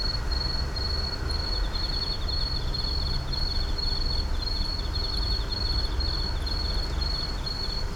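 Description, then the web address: Insects give regular pulsed chirps, with a second trilling caller ticking alongside, and a continuous low rumble underneath. Numerous insects calling at night in an urban park. "boom library Urban and Suburban Urban park night insects numerous"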